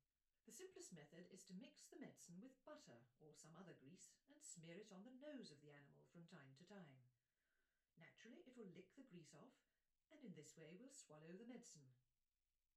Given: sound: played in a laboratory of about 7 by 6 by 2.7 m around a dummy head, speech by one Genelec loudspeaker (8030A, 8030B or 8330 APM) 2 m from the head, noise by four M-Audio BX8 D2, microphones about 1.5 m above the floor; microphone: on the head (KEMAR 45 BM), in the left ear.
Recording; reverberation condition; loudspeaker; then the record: female speech in English; low; 60 degrees to the right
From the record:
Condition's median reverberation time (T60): about 310 ms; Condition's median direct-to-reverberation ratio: about 3.5 dB